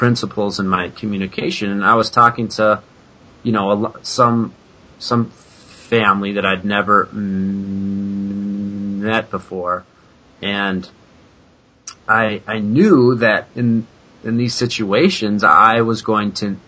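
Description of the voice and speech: Adult male speech with repeated words, a held vowel, silent blocks and long pauses: stuttering, allowed to come out openly with more prolongation rather than being avoided.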